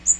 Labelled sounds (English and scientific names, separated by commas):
Magnolia Warbler (Setophaga magnolia) flight call